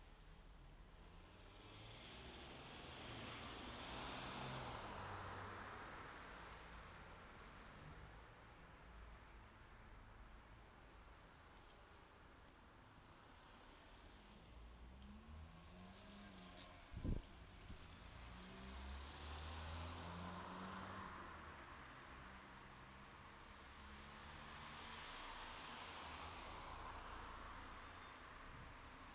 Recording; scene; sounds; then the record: everyday scene through a hearing-aid microphone; in traffic; traffic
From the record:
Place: city secondary road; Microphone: in the ear canal, left